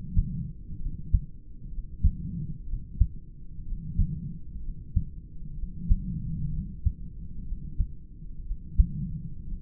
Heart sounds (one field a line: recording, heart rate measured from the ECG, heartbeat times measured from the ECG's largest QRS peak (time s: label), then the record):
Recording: heart sounds by stethoscope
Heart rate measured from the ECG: 62 bpm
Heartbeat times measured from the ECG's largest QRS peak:
0.77 s: heartbeat
1.68 s: heartbeat
2.63 s: heartbeat
3.62 s: heartbeat
4.59 s: heartbeat
5.53 s: heartbeat
6.49 s: heartbeat
7.43 s: heartbeat
8.42 s: heartbeat
9.43 s: heartbeat
From the record:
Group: heart failure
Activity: rest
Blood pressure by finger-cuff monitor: 102/62 mmHg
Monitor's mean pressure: 77 mmHg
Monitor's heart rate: 63 bpm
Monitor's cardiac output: 4.2 L/min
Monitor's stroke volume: 66 mL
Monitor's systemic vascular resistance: 1320 dyn s/cm5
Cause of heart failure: idiopathic cardiomyopathy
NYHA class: 2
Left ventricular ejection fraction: 17%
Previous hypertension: absent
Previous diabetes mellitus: absent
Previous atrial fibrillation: present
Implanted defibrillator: present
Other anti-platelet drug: absent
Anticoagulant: edoxaban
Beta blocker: bisoprolol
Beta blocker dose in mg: 7.5 twice daily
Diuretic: furosemide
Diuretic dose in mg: 20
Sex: male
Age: 63 years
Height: 160 cm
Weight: 69 kg